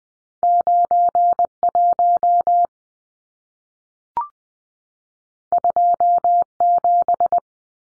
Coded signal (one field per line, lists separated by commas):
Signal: Morse code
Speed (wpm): 20 wpm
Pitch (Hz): 700 Hz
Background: none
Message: 91 27